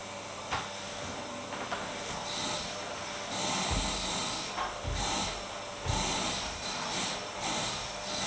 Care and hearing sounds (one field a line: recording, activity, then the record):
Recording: daily activity, microphone in the room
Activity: vacuum cleaning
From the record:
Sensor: 3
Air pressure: 988.7 hPa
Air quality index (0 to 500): 201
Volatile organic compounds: 372 ppm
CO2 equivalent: 4624 ppm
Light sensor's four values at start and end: 22/70/29/25 and 22/70/29/25